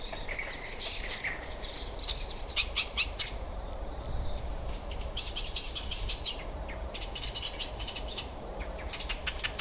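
Bird chirps in quick clicky bursts, several rapid high series of short notes over steady low rumbling background noise.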